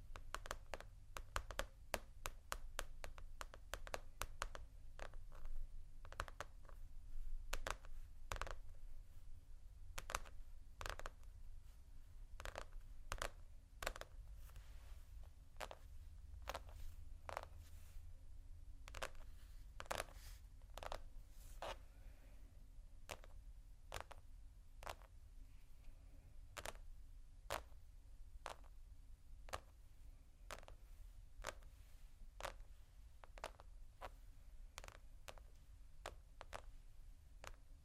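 Slow tapping on textured surfaces, with sharp, crisp taps arriving in irregular clusters, thickest in the first twenty seconds and thinning out afterward. A steady low hum sits underneath the whole time, and the taps stay at an even loudness throughout.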